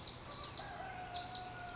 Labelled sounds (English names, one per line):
Bewick's Wren